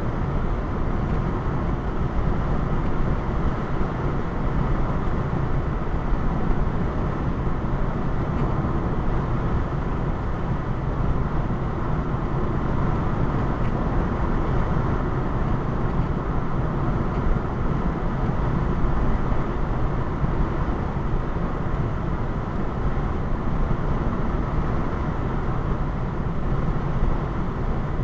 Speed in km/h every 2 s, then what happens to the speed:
105, 105, 103, 103, 103, 103, 105, 105, 105, 105, 105, 105, 105, 105.
0-28 steady at about 105.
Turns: none.